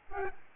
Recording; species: mosquito wingbeat signal from an infrared sensor; Aedes albopictus